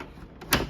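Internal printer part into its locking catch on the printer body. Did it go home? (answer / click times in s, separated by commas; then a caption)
yes / 0.5 s. While reassembling an Epson L3210 ink tank printer after cleaning it to fix colors not printing fully, an internal part near the cable is lined up and pushed up into its locking catch on the printer body. A faint tick comes at 0.4 s, then a sharp, loud snap at 0.5 s as the part locks into place.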